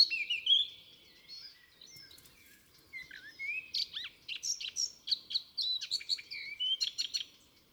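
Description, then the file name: Eurasian blackcap giving a broken, scratchy warble of high twittering and slurred notes, with quick clicking ticks mixed in toward the end. "Sylvia atricapilla"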